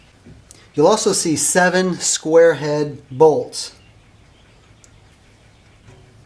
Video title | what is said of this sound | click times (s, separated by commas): How to change planer blades - Ridgid Planer | release the red lever and the cutter had a lock into place | 0.5 s